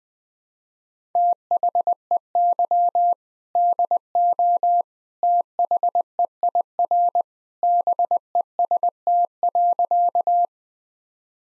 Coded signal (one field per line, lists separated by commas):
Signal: Morse code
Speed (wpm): 20 wpm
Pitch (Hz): 700 Hz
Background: none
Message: THEY DO THEIR BEST.